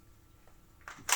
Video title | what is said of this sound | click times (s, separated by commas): Présentation MPW 15 | d'en confier mon chargeur il est bien enclenché donc | 1.1 s